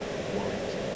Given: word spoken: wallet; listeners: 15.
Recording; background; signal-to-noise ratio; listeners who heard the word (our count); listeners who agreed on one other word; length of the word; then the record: one English word in noise, from a listening test; speech-shaped noise; -6.0 dB; 0 of 15; 13 of 15; 0.55 s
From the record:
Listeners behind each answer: 13, 1, 1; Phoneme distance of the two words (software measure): 24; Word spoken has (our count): 2 syllables, 5 phonemes, stress on syllable 1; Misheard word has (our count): 1 syllable, 3 phonemes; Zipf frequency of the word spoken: 3.81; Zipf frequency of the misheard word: 5.25